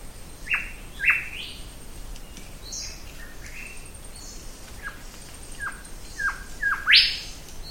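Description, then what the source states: Mangrove Golden Whistler calling: a pair of clear downslurred whistles, a run of short descending notes, then a loud rising sweep at the end; other faint high chirps behind. Recorded on Little Pigeon Island, part of an archipelago off the coast of Western Australia; gives a whit-whit-whitchell call.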